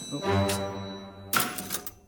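A Chinese typewriter, being used to type four characters onto paper, grinds with a low mechanical drone, then breaks into a short burst of clattering metallic strikes with a brief bright ring mixed in.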